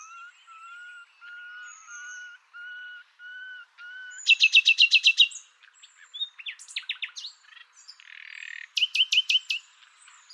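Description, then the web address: Bird calls: a series of steady whistled notes, then a fast buzzy trill and bursts of sharp, high chirps and trills. "Deverinetal 2025 File origin Bird Only"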